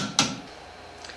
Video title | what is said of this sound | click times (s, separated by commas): Lemond Revmaster Bottom Bracket Spindle Part Two | continue to tighten the bolt until the wrench clicks | 0.2 s